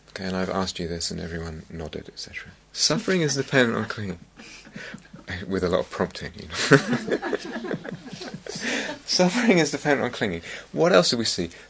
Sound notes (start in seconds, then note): 4.4 laughter; 6.5 laughter